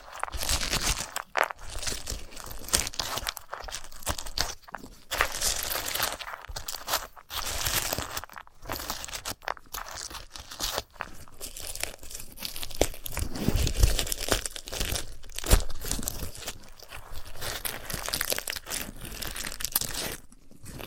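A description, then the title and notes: A sunflower head is handled, giving a continuous run of dry crunching, crinkling and tearing sounds that crowd closely together over the whole stretch. Brief sharp cracks and snaps break in often, and the texture stays bright and scratchy throughout, with only short pauses. ASMR of a Sunflower Head (No Talking).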